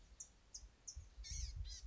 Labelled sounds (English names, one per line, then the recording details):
Blue-gray Gnatcatcher
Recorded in Sonoma County, California